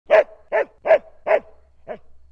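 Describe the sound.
Dog barking, five short sharp barks in quick succession, the last one softer and after a slightly longer pause.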